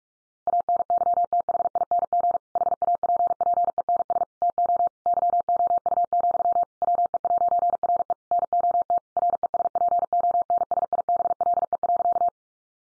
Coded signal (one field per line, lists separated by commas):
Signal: Morse code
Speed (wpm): 44 wpm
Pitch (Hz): 700 Hz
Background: none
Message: ANYTHING HAPPENS TO YOU, WE'RE NOT RESPONSIBLE.